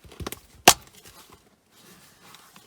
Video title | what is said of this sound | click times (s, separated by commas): Noisefighters Heatsync - Installation on Walker's Razor and similar headsets | push it down until it snaps in place | 0.7 s